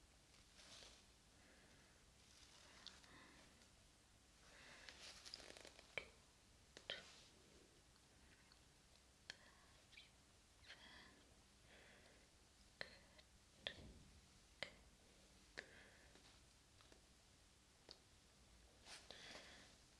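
Face massage and brushing: soft swishing strokes come and go throughout, punctuated by sharp little clicks and taps every second or two.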